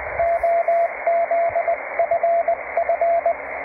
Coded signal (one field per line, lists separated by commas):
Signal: Morse code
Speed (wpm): 20 wpm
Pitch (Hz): 680 Hz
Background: radio noise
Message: OZFF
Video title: 1Watt cw qso | 1.500 km | FT-817 whip antenna